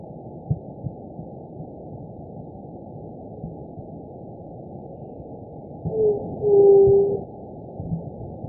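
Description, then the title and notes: White-tipped dove call, a single low, soft hollow coo, a short lead note and then a longer drawn-out tone, heard once against steady low background noise. "Juriti pupu. White-tipped Dove (Leptotila verreauxi). Áudio do pio da juriti"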